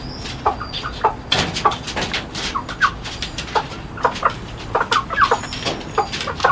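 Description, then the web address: Bird calls, short clucking notes repeated irregularly around a kilohertz, with higher chirps and thin whistles over a steady background hiss. "hekunu bird"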